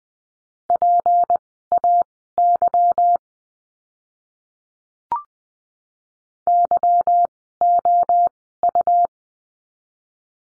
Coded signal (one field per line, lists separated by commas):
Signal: Morse code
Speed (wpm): 20 wpm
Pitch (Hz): 700 Hz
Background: none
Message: PAY YOU